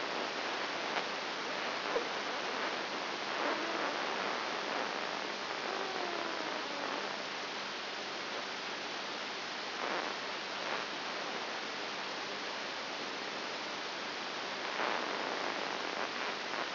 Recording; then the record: brain microelectrode recording played as sound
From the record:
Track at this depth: inside the subthalamic nucleus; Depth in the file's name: 3.701 mm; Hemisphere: right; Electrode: 3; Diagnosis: Parkinson's disease